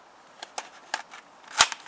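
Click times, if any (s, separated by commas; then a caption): 1.6 s. A shed wall panel with small metal barbs is pushed up into a mounting strip nailed to the shed wall, giving a few light ticks and clicks around 0.4, 0.6 and 0.9 seconds. A sharp, loud snap at 1.6 seconds, followed by a faint tick at 1.7 seconds, marks the barb catching and locking the panel firmly in place.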